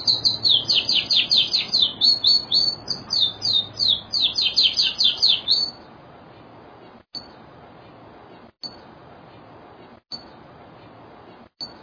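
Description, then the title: Bird song: fast, high-pitched twittering trills for about six seconds, then near silence broken by a few brief sharp clicks. Masteran (training recording for cage birds). "LuckyBurung MasteranBest"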